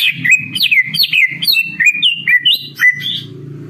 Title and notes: Masteran & Pancingan Cucak Ijo Gacor. Burung Cucak Ijo